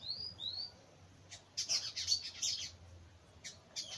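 Bird chirping: two rising whistled notes, then a burst of sharp high chips and chattering.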